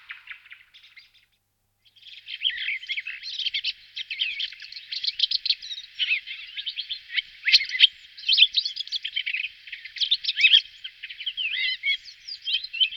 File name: Drozd cvrcala Turdus iliacus